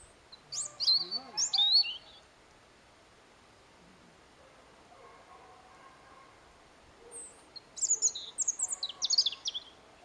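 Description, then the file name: European robin song: two high, tinkling phrases of rapid thin notes and short trills, several seconds apart. "Erithacus rubecula"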